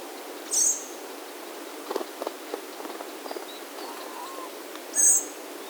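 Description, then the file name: Common blackbird giving two brief, very thin high-pitched notes several seconds apart, with faint soft clicks in between. "Turdus merula"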